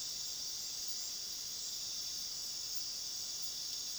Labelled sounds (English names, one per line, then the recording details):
none
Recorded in pastures near Puerto Asís, Putumayo, Colombia, on 20 February 2024 at 21:00
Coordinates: 0.497, -76.327
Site G7276